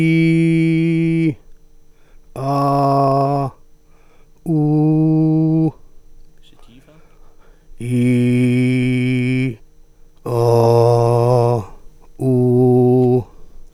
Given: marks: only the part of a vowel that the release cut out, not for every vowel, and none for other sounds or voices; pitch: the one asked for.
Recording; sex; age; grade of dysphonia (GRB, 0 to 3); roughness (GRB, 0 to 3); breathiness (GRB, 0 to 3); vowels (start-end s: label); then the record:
sustained vowels; male; 30 to 39 years; 1; 1; 0
0.00-1.22 s: vowel /i/, normal pitch
2.52-3.40 s: vowel /a/, normal pitch
4.56-5.62 s: vowel /u/, normal pitch
7.99-9.39 s: vowel /i/, low pitch
10.54-11.46 s: vowel /a/, low pitch
12.32-13.11 s: vowel /u/, low pitch
From the record:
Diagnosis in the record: healthy voice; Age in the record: 34 years